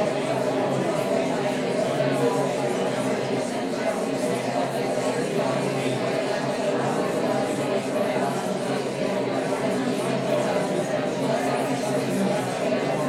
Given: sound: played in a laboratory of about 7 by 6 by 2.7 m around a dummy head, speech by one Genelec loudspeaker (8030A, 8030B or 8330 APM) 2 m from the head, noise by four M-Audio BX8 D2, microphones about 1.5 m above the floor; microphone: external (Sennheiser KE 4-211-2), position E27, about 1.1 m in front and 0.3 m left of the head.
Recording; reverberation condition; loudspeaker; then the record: babble noise; medium; four, about 170 cm from the corners of the room and facing them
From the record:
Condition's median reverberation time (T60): about 510 ms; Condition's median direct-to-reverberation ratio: about -0.5 dB